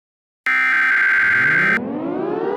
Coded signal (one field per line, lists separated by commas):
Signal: Emergency Alert System (SAME) tones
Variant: header bursts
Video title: EAS Scenario #1 Horizon